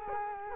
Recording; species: mosquito wingbeat signal from an infrared sensor; Culex quinquefasciatus